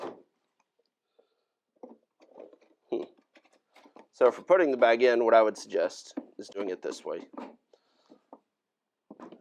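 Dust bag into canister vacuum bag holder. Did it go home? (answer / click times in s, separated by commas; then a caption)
no / none. A dust bag is being fitted into the bag holder of a canister vacuum while someone talks, with a few small handling taps and clicks around the speech. Nothing has seated or clicked into place yet.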